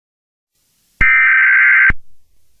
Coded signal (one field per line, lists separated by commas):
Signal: Emergency Alert System (SAME) tones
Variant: header bursts